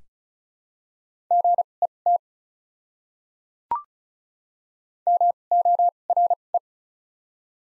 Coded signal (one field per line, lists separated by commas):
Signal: Morse code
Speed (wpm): 34 wpm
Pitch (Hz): 700 Hz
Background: none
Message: GET MORE